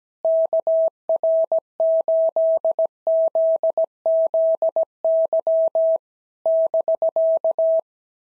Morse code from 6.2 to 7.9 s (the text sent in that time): <BK>